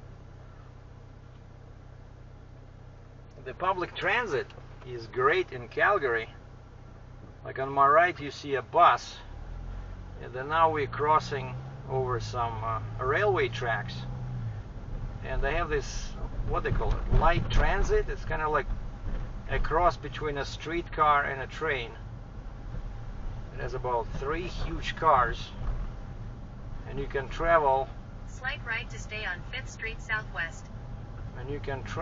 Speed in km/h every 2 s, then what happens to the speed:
0, 0, 0, 0, 0, 0, 10, 13, 21, 20, 17, 18, 18, 18, 21, 22.
0-10 standing. 10-16 pulls away to 21. 16-32 steady at about 18.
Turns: none.